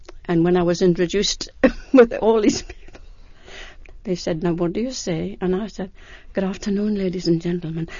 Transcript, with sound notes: And when I was introduced (she laughs) with all these people, they said, "Now, what do you say?" And I said, "Good afternoon, ladies and gentlemen.